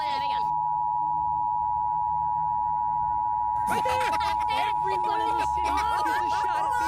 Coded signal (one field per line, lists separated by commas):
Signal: Emergency Alert System (SAME) tones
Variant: 853 and 960 Hz attention tone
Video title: Minions react to EAS Scenario: Sky net (Analog Horror)